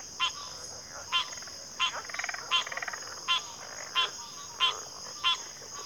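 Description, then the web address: Crickets in chorus, a steady high continuous trill throughout, with loud short rasping calls of another animal repeating roughly every three-quarters of a second and a brief pulsed rattle midway. Cricket chorus recorded at a backwater. "Natures Songs Sleep Sounds of Nature CRICKETS Backwater Chorus"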